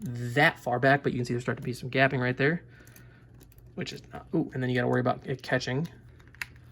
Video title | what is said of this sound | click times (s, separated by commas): McFarlane Toys DC Multiverse The Batman Who Laughs Joker Action Figure (PG:13) Review | you heard that click in a place | 6.4 s